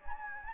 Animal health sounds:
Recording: mosquito wingbeat signal from an infrared sensor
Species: Anopheles gambiae

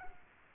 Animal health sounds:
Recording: mosquito wingbeat signal from an infrared sensor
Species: Culex quinquefasciatus

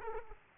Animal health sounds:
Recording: mosquito wingbeat signal from an infrared sensor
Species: Aedes aegypti

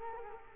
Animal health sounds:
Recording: mosquito wingbeat signal from an infrared sensor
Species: Culex quinquefasciatus

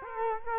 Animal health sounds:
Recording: mosquito wingbeat signal from an infrared sensor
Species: Culex quinquefasciatus

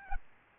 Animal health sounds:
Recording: mosquito wingbeat signal from an infrared sensor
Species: Aedes albopictus

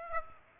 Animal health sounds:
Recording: mosquito wingbeat signal from an infrared sensor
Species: Aedes aegypti

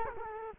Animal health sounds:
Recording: mosquito wingbeat signal from an infrared sensor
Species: Culex quinquefasciatus

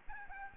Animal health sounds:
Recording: mosquito wingbeat signal from an infrared sensor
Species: Aedes albopictus

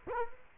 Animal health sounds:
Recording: mosquito wingbeat signal from an infrared sensor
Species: Culex quinquefasciatus

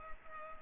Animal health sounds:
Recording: mosquito wingbeat signal from an infrared sensor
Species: Culex pipiens

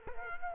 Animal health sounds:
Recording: mosquito wingbeat signal from an infrared sensor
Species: Culex quinquefasciatus

